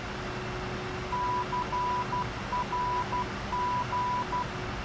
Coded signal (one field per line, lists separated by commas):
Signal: Morse code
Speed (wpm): 12 wpm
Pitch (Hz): 990 Hz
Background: none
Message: CRG